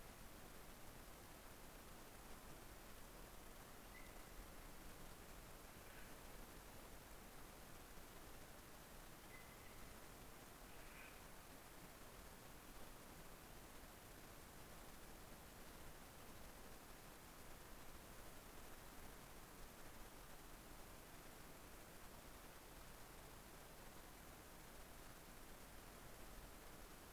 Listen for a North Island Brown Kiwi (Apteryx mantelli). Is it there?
no